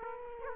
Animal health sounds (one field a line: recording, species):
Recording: mosquito wingbeat signal from an infrared sensor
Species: Aedes aegypti